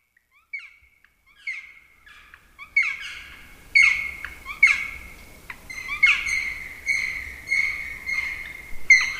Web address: agykontroll Madardalok Cd 1. Fekete harkály